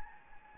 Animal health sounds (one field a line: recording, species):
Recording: mosquito wingbeat signal from an infrared sensor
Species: Anopheles gambiae